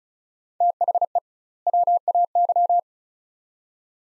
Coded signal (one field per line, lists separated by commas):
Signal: Morse code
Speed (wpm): 36 wpm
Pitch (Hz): 700 Hz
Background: none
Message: THE WAY